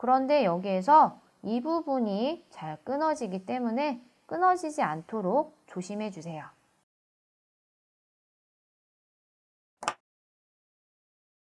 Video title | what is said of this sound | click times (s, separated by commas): [2020 과기대전] "방구석 과학교실 시즌2" 2020 꿈틀꿈틀 호기심 | 아까와 마찬가지로 딸깍 소리가 날 때까지 끼워주세요. | 9.8 s, 9.9 s